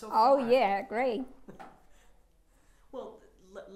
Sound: chuckles

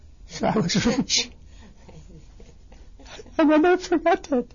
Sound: They laugh and then Mr. Kirwin is moved

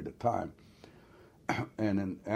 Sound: coughs

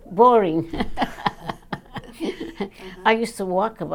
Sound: laughs

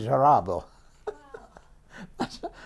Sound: chuckles

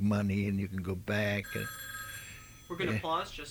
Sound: a telephone rings

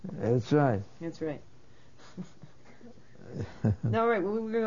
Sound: they laugh

